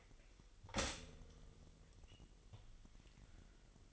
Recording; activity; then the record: daily activity, microphone in the room; stop toaster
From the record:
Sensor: 4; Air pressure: 1002.9 hPa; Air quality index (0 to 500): 242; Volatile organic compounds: 18 ppm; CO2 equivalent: 2622 ppm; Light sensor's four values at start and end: 18/62/23/23 and 19/65/24/23